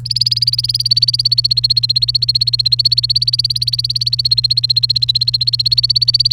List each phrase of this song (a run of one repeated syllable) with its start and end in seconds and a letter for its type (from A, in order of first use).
0.05-6.32 A